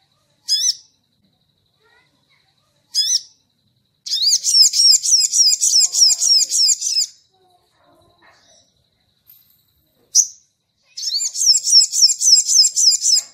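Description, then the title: Crimson sunbird giving separate high chips, then two long bursts of rapid, bright twittering song separated by a quiet gap with a single chip. Training recording (masteran) for cage birds; "labaik" song variant. "Masteran Burung Sogok Ontong Labaik"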